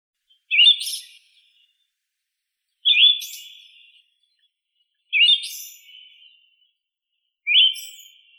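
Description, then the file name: Siberian thrush song of four similar phrases, each a sharp whistled note trailing into a fading buzzy trill, spaced evenly a little over two seconds apart. "Zoothera sibirica song"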